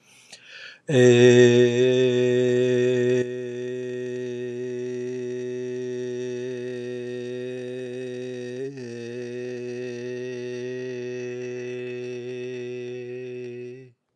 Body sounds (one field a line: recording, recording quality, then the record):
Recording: sustained vowel as in made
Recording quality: excellent, no background noise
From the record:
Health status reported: exposed to COVID-19, no respiratory illness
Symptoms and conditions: fatigue, hypertension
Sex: male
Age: 66 years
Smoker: not ticked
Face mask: not worn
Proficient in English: yes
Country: United States